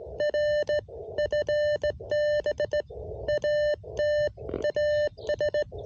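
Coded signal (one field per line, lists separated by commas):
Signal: Morse code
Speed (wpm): 17 wpm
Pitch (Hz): 590 Hz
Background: none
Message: R FB AT AS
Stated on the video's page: CW POTA park activation with an Elecraft KX1 QRP rig, Bamatech EHT-II paddle, 12V battery power.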